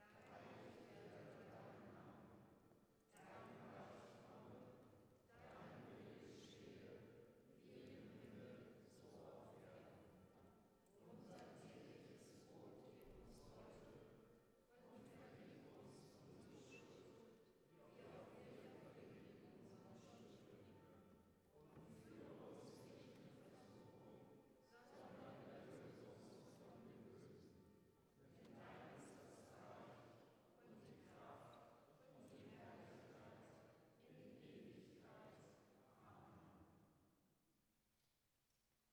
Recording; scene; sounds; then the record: everyday scene through a hearing-aid microphone; reverberant space; speech, bell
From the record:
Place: church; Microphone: behind the ear, right, front